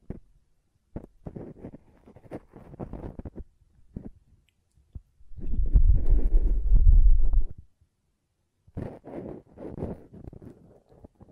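Ear cleaning with short, scratchy rustles and clicks in irregular bursts, broken by near-silent gaps. Around the middle comes a loud, rough blowing rush with a deep rumble, lasting about two seconds, before the soft scratching resumes near the end.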